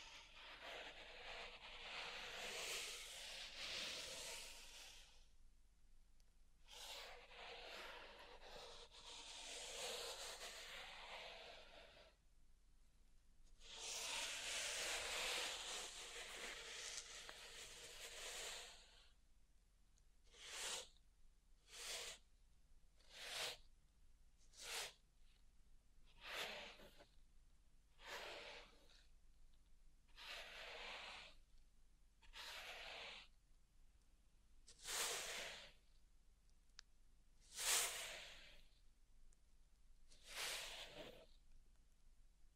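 Pink salt is raked and stirred in a zen garden. Long, dense hissing swishes fill the first twenty seconds, then give way to short, bright scraping strokes repeating about once every second or two with quiet gaps between them.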